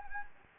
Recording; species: mosquito wingbeat signal from an infrared sensor; Anopheles gambiae